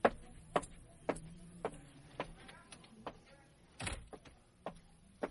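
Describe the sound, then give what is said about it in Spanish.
A series of about nine sharp knocks on a door at a steady, unhurried pace, Eduardo's peculiar way of knocking, with one heavier, louder blow near the end before the last few taps. “Esa era la forma peculiar en que Eduardo tocaba la puerta.”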